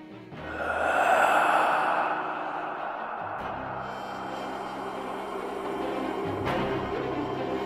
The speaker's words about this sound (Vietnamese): Mồm ông cứ thở ra những tiếng khò khà khò khè, thỉnh thoảng hơi thở cứ như bị mắc lại mà khổng khọc khổng khọc.